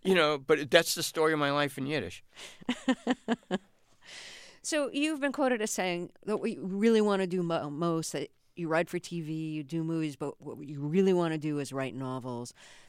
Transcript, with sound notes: You know, but that's the story of my life in Yiddish.
(Laughter) So you've been quoted as saying what you really want to do most - that you write for TV, you do movies - but what you really want to do is write novels.